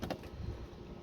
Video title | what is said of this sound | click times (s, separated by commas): 2008-2009 Ford Mustang Windshield Washer Pump Replacement | We're just gonna pop the filter in until it snaps in there. | 0.0 s, 0.1 s